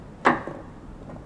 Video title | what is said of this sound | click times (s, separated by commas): Ep43: The Search For Norfolk's Surviving Church Barrel Organs | So we'll just select this one here and that should lock into place just like that. Wonderful. | 0.3 s